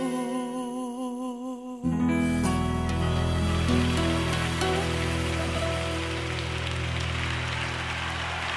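A sustained sung note and music fade out, then a live concert crowd bursts into loud, dense, steady applause that fills the remaining seconds without letting up.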